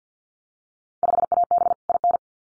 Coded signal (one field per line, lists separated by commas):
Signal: Morse code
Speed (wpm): 50 wpm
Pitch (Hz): 700 Hz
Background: none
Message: 5AB IN